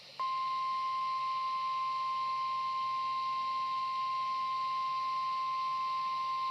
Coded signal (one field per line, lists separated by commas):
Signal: Emergency Alert System (SAME) tones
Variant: 1050 Hz attention tone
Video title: WXN83 Required Weekly Test #1 (EAS #348)